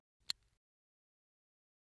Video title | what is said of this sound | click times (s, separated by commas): Use of the Surepal pen | pull it gently until you hear or feel it click into place | 0.3 s